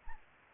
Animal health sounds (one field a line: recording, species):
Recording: mosquito wingbeat signal from an infrared sensor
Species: Anopheles arabiensis